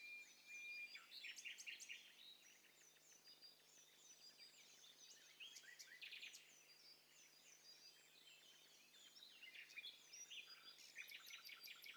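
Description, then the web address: Several birds calling and singing at once, high chirps, trills and whistled notes overlapping throughout, over soft steady background hiss. A mixture of several birds calling together, in stereo. "Hi Fi STEREO BIRD COCKTAIL PARTY Challenge SBCP TESTSET HDBird Cocktail Party"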